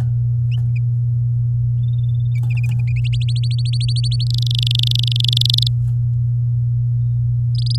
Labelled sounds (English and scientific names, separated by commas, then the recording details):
Domestic Canary (Serinus canaria) song
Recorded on 9 May 2018 at 13:29
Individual llb16